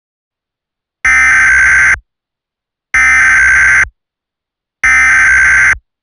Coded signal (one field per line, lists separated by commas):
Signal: Emergency Alert System (SAME) tones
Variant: header bursts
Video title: Eas Scenario TheSuperiorRace Part One